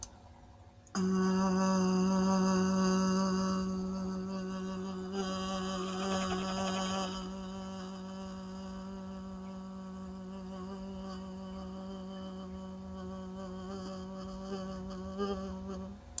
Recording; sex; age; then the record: vowel held as long as possible; female; 30 to 39 years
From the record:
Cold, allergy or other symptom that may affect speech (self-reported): no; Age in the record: 38 years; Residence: United States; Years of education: 16